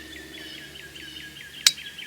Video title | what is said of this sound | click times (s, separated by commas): REVIEW Duke 550 OS Pro Spring Trap (Plus AWESOME Game Camera Footage!!!) | When that clicks like that, that's a hair trigger now. | 1.7 s